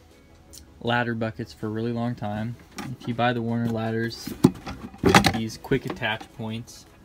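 A plastic tool bucket is handled at the quick-attach point on top of a Werner ladder while someone talks. A few sharp handling knocks are heard around 5.1 to 5.3 s, but the clip ends before the bucket goes on, and nothing has seated or clicked yet.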